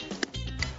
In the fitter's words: snap the buckles here and I listen for the click right